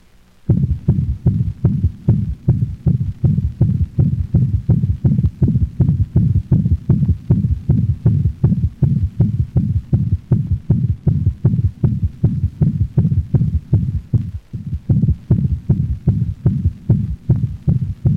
Recording of a dog in heart failure. The third heart sound is a low-frequency sound that gives the impression of a thud after the murmur.